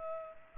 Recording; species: mosquito wingbeat signal from an infrared sensor; Culex pipiens